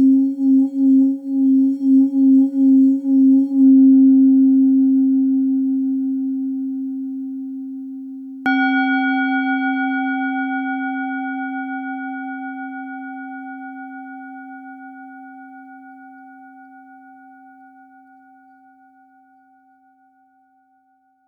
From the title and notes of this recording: Healing sound therapy (Sound Bath) using crystal singing bowls.